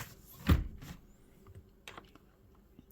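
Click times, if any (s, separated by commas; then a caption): none. A door or gate is pushed closed after its hinge or clamping side was adjusted. A dull thump is heard near 0.5 s, followed by a few faint ticks between 1.9 and 3.0 s. The latch does not catch in its strike, so nothing has latched yet.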